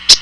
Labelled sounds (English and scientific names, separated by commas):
Common Yellowthroat (Geothlypis trichas) flight call